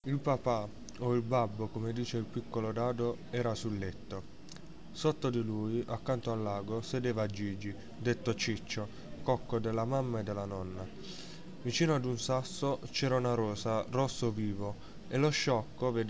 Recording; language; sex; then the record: read passage; Italian; male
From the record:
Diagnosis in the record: healthy control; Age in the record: 19 years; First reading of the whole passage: 55 s, 9.5 characters per second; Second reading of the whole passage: 47 s, 11.1 characters per second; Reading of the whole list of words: 45 s, 6.2 characters per second